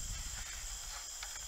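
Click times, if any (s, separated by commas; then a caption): none. A solar panel cable connector is being slid toward the mating connector on an optimizer lead, with soft handling noises over steady outdoor background noise and a persistent high-pitched tone. Nothing has seated or clicked yet; the clip ends just before the connector snaps home.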